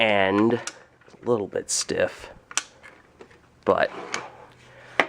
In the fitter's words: locks and place down here and you've actually got to press the release to bring it back up